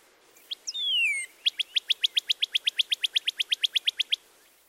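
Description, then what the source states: Northern Cardinal song: one long downslurred whistle followed by a fast, even series of many short repeated notes. Downslurred 'cheer' phrase followed by repeated notes, two examples; both males and females sing; songs heard throughout the year.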